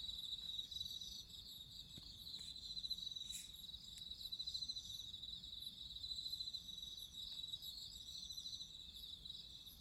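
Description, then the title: Cricket chorus of steady high pulsed trilling that swells and eases in loudness. Crickets singing at midnight. "Listen to nature crickets singing at midnight"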